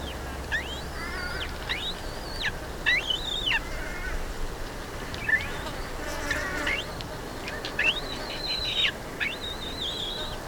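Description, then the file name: Black-breasted buzzard with thin, arched whistled notes in loose groups, some notes drawn out and level; faint background noise throughout. "Hamirostra Melanosternon"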